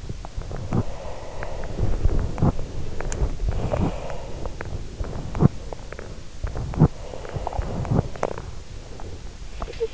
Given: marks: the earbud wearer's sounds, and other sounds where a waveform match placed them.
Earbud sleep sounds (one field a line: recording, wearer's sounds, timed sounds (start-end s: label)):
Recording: sounds in sleep by an in-ear microphone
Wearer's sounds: body movement, breath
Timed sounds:
0.00-6.24 s: body movement
3.50-4.27 s: breath
6.32-9.29 s: body movement